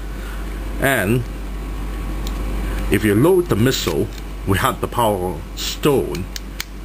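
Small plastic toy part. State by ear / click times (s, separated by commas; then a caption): seated / 6.6 s. A plastic missile is loaded into the launcher of a 2006 Hasbro G.I. Joe Sigma 6 Battlefield General Cobra Commander action figure without the power stone fitted, while someone talks over a steady background hum. The missile clicks into place at 6.6 s with a sharp snap, and the trigger locks because the power stone is not loaded.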